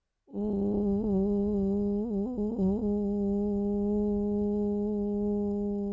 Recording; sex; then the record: sustained vowel /u/; female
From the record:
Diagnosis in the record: Parkinson's disease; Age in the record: 67 years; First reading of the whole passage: 79 s, 6.5 characters per second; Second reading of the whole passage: 74 s, 7.0 characters per second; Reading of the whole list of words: 72 s, 3.9 characters per second